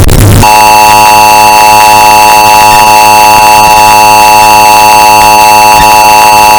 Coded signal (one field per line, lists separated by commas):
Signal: Emergency Alert System (SAME) tones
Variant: 853 and 960 Hz attention tone